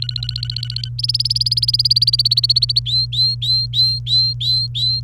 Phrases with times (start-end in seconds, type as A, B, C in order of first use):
0.02-0.89 A, 0.98-2.79 B, 2.86-5.00 C